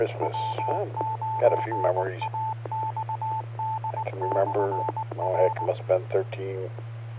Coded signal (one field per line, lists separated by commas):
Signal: Morse code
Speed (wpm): 19 wpm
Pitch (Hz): 880 Hz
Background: speech, radio noise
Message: W9AXD/R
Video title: Friday Night Fun Net | Amateur Radio Worldwide Live Stream Radio | KD9MED